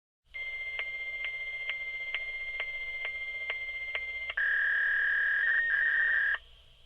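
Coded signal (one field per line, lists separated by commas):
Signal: fax machine handshake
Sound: buzzy warbling data tone near 2 kHz with regular ticks, then a louder steadier whine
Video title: FAX SONIDO DE DATOS || ALPsounds -- data fax sound effect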